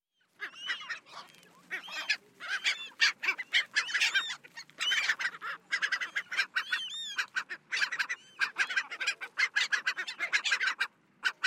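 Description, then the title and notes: Dolphin gull calls, a dense chorus of harsh squawks and curved wavering cries from several birds calling almost continuously. Recorded at Ushuaia and Lapataia, Tierra del Fuego, Argentina, as part of a sound tour. "La Gaviota Austral (Leucopaheus Scoresbii)- Ushuaia. Recorrido sonoro por Uahuaia y Lapataia - Tierra del Fuego - Argentina"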